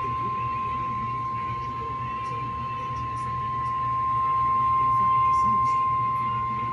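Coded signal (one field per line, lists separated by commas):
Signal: Emergency Alert System (SAME) tones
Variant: 1050 Hz attention tone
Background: speech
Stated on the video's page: Flood warning alert tones broadcast on a TV station for Pennsylvania counties.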